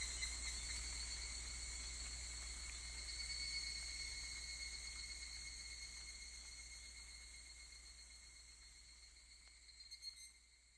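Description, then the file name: Higurashi cicada song, a soft continuous high ringing tone with little pulsing, slowly fading, a low hum and a faint rustle near the end. "higurashi"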